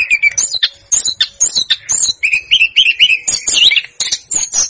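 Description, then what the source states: Snowy-browed flycatcher song of repeated high chirps and wavering whistled notes in a brisk, continuous stream. Master song used for training cage birds.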